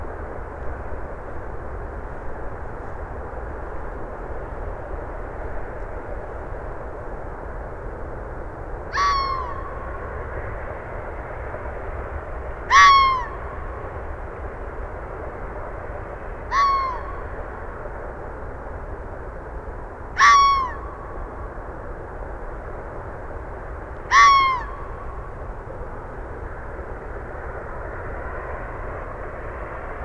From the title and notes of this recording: Red Fox calling in west Dyke Marsh about 6:35PM. Anthropogenic noise: cars on George Washington Memorial Parkway, and airplanes. Recorded with FOstex FR-2, Sennheiser ME62, and Telinga parabola.